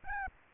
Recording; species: mosquito wingbeat signal from an infrared sensor; Aedes albopictus